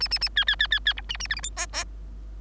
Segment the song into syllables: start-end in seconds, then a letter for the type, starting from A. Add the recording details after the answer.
0.00-0.08 A, 0.11-0.19 A, 0.21-0.29 A, 0.36-0.45 B, 0.47-0.56 B, 0.59-0.67 B, 0.71-0.79 B, 0.85-0.94 B, 0.97-1.01 C, 1.09-1.17 A, 1.20-1.27 A, 1.29-1.35 D, 1.36-1.41 E, 1.43-1.50 F, 1.56-1.66 G, 1.73-1.84 G. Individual Bird3